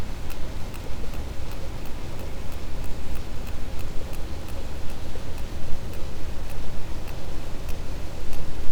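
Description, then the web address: Sperm whale clicks: faint sharp clicks repeating steadily through a heavy steady roar of underwater noise. Labelled clean and positive for sperm whale. "Pm BP Physeter Macrocephalus clean cachalot positif"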